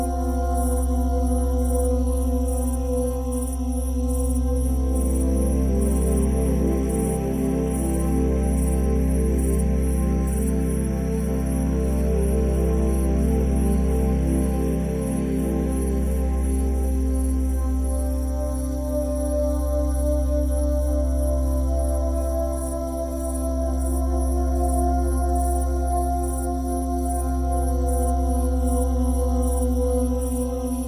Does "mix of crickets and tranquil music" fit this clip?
yes